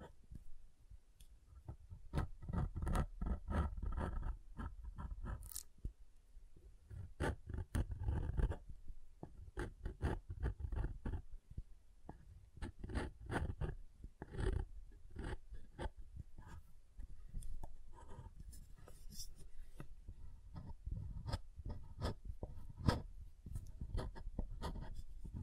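Soap is tapped and carved in a dense run of short scraping and knocking sounds, with soft low thuds beneath crisp, gritty scratches. The strokes come quickly and unevenly across the whole stretch, pausing briefly now and then, with a few sharper clicks near the middle and end.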